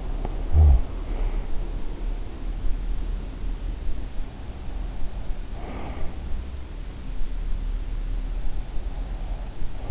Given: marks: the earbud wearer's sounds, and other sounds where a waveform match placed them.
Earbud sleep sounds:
sounds in sleep by an in-ear microphone; snoring breath
0.00-0.83 s: snoring breath

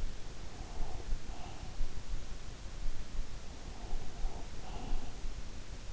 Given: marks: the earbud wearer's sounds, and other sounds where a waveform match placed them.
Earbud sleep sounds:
sounds in sleep by an in-ear microphone; breath
0.49-2.56 s: breath
3.21-5.79 s: breath

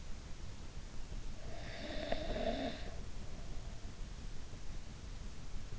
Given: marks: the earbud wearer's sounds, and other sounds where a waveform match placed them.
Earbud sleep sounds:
sounds in sleep by an in-ear microphone; snoring breath
1.43-3.08 s: snoring breath

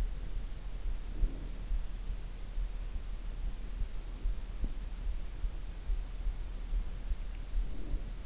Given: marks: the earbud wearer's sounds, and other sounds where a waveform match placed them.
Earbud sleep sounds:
sounds in sleep by an in-ear microphone; breath
0.93-1.75 s: breath
7.33-8.26 s: breath

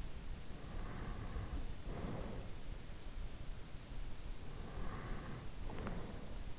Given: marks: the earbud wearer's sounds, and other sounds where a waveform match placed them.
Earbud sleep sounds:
sounds in sleep by an in-ear microphone; breath
0.50-2.73 s: breath
4.23-6.35 s: breath

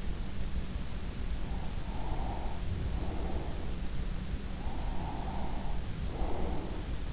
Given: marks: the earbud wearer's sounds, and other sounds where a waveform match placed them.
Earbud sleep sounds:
sounds in sleep by an in-ear microphone; breath
1.49-3.92 s: breath
4.58-6.86 s: breath

